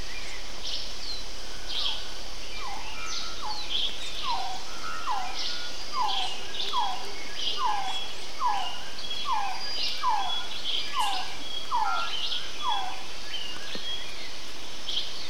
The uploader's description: bellbirds, oropendola , white throated capuchin, resplendent quetzal, sunbittern and falcons are heard through the wet jungle